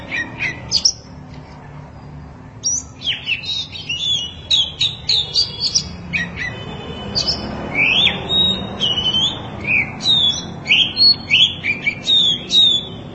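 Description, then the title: Oriental magpie-robin song: scattered sharp notes early, then a dense run of whistles, trills and falling slurs growing busier in the second half, over low background hum. Long-duration song. "Kacer Durasi Panjang"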